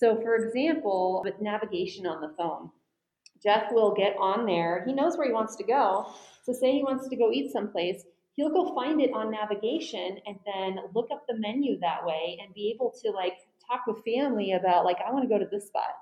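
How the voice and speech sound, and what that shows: An adult woman, a speech-language pathologist, speaks fluently in a conversational tone, with natural pitch movement and brief pauses between phrases in a quiet small room. Articulation is clear, with no repetitions, blocks or voice strain. This is ordinary, unimpaired speech.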